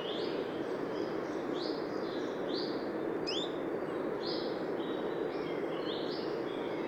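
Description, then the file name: Eurasian wren calls: short high notes in a loose series, with a sharp rising note midway, over steady low rushing noise. "Troglodytes troglodytes"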